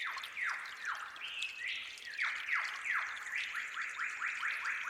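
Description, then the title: Bird song: bold down-slurred whistles, then quicker, shorter upward-flicked notes in a fast rhythmic series at the end, with soft water noise behind. Forest birds singing at dawn with babbling, trickling water. "Suara Gemercik Air Dan Kicau Burung Hutan Di Saat Fajar"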